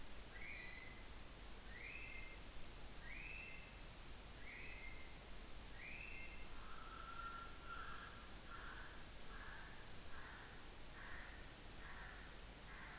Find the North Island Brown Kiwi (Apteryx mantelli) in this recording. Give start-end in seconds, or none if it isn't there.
0.00-12.99